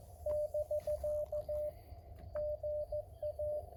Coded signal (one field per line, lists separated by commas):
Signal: Morse code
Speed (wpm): 18 wpm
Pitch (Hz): 610 Hz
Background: radio noise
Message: <BK> GA